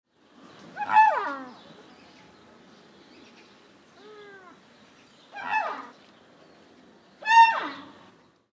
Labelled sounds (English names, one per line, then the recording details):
Wapiti
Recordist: Tembrock, Günter
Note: Weibliches Tier: Rufe